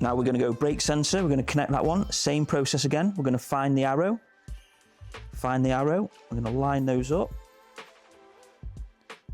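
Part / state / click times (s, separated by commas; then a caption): brake sensor cable connector into its mating e-bike connector / seated / 9.1 s. Someone talks over background music while lining up the arrows on the two halves of a brake sensor cable connector for a Revvi 24 Inch e-bike and pushing them together into the mating connector. A short, sharp click sounds at 9.1 s as the brake sensor connector seats.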